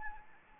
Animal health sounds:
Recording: mosquito wingbeat signal from an infrared sensor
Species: Anopheles gambiae

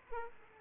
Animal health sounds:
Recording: mosquito wingbeat signal from an infrared sensor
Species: Aedes aegypti

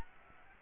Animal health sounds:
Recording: mosquito wingbeat signal from an infrared sensor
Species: Aedes albopictus

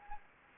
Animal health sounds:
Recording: mosquito wingbeat signal from an infrared sensor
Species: Anopheles gambiae

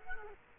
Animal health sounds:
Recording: mosquito wingbeat signal from an infrared sensor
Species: Culex quinquefasciatus

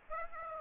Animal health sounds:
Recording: mosquito wingbeat signal from an infrared sensor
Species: Aedes aegypti

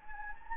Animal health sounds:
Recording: mosquito wingbeat signal from an infrared sensor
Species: Anopheles gambiae

